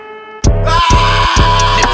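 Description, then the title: Sheep bleating, a harmonic-rich call broken into pulses about twice a second after a short lead-in, with a steady tone running throughout. "Gembel"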